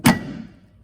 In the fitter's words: with a good firm push up, it clicks into place, and that's now held there.